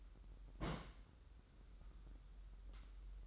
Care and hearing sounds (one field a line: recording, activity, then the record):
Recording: daily activity, microphone in the room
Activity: place on stove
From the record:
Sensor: 3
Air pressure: 994.4 hPa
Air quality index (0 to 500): 212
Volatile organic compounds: 1000 ppm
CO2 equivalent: 7090 ppm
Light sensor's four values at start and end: 200/481/203/201 and 200/481/202/201